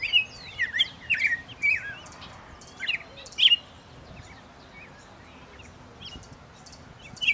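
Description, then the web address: Bird song of rapid high chirps and warbled slurs, busy for the first few seconds, then thinning to scattered notes before a final chirp, with constant background hiss. "lucas passarinho"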